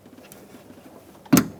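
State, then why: Seated. A wiring harness connector is pushed onto the power window motor inside the front door of a 2002–2006 Toyota Camry during a window regulator replacement. After a quiet stretch with a faint tick near 0.3 s, a sharp plastic click lands at 1.3 s with a second snap at 1.4 s, and the connector is seated.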